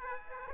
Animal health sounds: mosquito wingbeat signal from an infrared sensor; Aedes aegypti

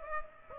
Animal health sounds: mosquito wingbeat signal from an infrared sensor; Aedes aegypti

